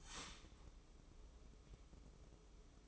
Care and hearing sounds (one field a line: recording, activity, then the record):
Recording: daily activity, microphone in the room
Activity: start toaster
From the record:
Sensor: 1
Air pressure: 995.3 hPa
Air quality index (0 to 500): 25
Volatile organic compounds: 0 ppm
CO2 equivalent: 503 ppm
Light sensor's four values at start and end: 18/58/21/23 and 18/58/21/23